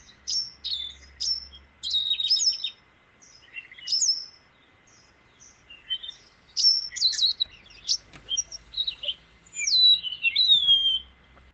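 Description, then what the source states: Cape wagtail song: a lively run of high, twittering and chirping notes in varied bursts, with a pause near the middle, then more rapid twitters. Played recording.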